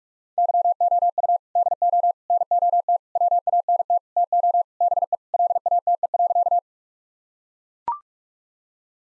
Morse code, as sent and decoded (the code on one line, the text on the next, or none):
-.-- --- ..- / -.. --- / -. --- - / .-- .- -. - / - --- / -... . / .-.. .- - . .-.-.-
YOU DO NOT WANT TO BE LATE.